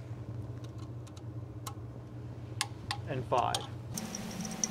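A torque wrench tightens bolt four in the sequence on an intake bolt of a Chrysler 3.6L V6 engine, with soft ticks and faint background hum beforehand. The wrench clicks sharply at its setting at 2.6 s, followed by a few more light clicks, and someone talks.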